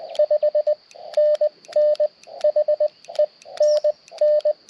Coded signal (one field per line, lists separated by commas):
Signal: Morse code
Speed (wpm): 19 wpm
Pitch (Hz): 590 Hz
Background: radio noise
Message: 5NN HE NN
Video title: EDC Ham Radio Go-Kit for QRP POTA - 5/23/23 @ K-3864